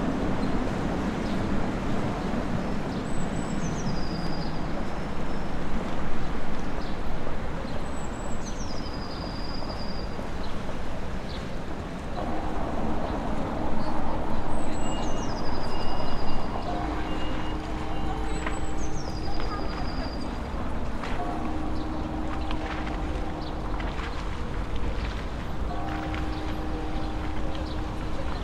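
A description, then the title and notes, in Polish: Midday on a riverside boulevard across from a bridge: a dense, steady low rumble of traffic and engines fills the scene. Short falling bird whistles cut through about four times, and from the midpoint a steady humming engine drone joins in. Lokalizacja: Stare Miasto, Rynek. Zarejestrowane w południe na Bulwarze Xawerego Dunikowskiego, naprzeciw Mostu Piaskowego. Rekorder, mikrofon: sony pcm d50, mic rode nt4, FEL BMA preamplifier.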